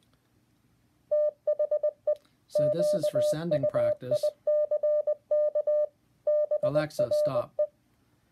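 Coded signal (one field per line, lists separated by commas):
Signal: Morse code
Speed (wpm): 20 wpm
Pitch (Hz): 600 Hz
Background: speech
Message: THE QUICK BRE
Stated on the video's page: Morse code taught by an Alexa skill.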